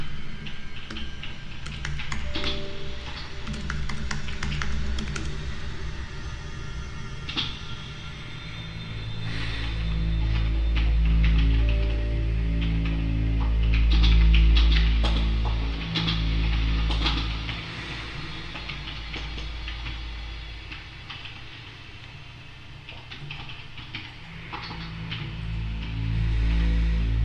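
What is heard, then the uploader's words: Typing in a quarantine home office: irregular key clicks over a steady low drone, with denser bursts of clatter and a swelling low hum midway. Typing in our corona covid virus quarantine home office, plus some improvised music.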